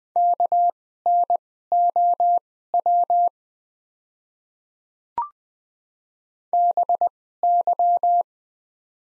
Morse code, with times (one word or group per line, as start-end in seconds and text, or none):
0.2-3.3 KNOW
6.5-8.2 BY